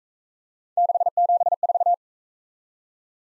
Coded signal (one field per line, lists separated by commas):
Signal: Morse code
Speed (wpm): 41 wpm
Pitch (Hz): 700 Hz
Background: none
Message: 674